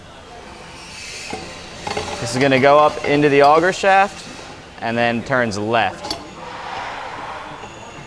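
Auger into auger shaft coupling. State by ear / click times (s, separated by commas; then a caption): not seated / none. An auger is lined up to go into the auger shaft of an A/1200 bagger fill head, ready to be given a left turn to lock, while someone talks over faint light clinks and a steady background hum. Nothing has seated or clicked yet.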